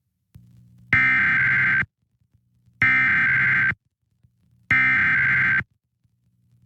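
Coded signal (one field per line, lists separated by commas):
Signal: Emergency Alert System (SAME) tones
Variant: header bursts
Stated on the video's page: Santa Barbara County Required Monthly Test SAME tones.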